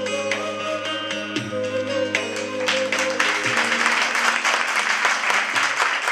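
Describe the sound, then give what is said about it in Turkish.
Sustained instrumental notes ring out, then a steady wash of audience applause swells up over the final chords and continues loudly to the end, with many hands clapping together. “Alkışlayan elinizler görmesin.”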